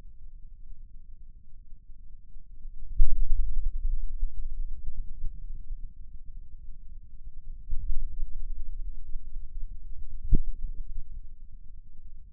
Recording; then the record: forearm muscle sounds (acoustic myography)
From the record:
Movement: finger pinch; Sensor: system 2, bracelet of six BSWA MPA416 microphones around the upper forearm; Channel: 1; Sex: male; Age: 22 years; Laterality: right